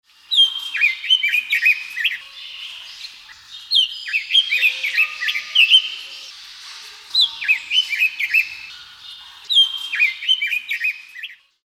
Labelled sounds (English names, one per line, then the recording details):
Red-billed Leiothrix
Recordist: Tembrock, Günter
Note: Gesang